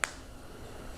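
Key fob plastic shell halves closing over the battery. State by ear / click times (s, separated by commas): seated / 0.0 s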